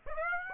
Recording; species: mosquito wingbeat signal from an infrared sensor; Aedes aegypti